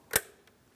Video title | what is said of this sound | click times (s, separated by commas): How to Replace Valve Covers 2015-2025 Ford Transit 250 3.7L V6 | Audible click. It does not fall out of place. | 0.2 s